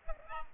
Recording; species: mosquito wingbeat signal from an infrared sensor; Aedes albopictus